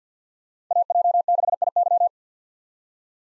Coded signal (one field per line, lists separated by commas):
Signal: Morse code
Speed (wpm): 50 wpm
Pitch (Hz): 700 Hz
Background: none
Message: AJ6IY